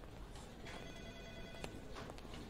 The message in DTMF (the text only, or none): none